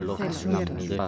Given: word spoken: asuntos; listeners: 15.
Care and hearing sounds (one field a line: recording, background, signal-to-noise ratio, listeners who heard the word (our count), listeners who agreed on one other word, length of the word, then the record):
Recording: one Spanish word in noise, from a listening test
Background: four-talker babble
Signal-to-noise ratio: -2.5 dB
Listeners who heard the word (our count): 0 of 15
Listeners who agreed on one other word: 8 of 15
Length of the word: 0.68 s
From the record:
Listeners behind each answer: 8, 2, 1, 1, 1, 1, 1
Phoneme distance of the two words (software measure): 44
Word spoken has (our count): 3 syllables, 7 phonemes, stress on syllable 2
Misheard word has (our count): 2 syllables, 5 phonemes, stress on syllable 1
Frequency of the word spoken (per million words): 81.98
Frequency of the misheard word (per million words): 13.85